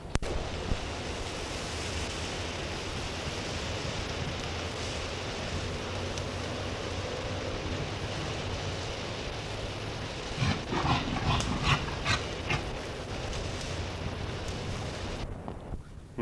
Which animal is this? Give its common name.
Reindeer